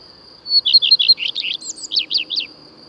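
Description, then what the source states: Common redstart singing one full phrase: an opening note, then a run of rapid, bright repeated notes and a varied, twittering ending, with a constant high-pitched tone behind it. Returns in April; sings from a conspicuous, fairly high perch on a tree or roof; breeds in forest.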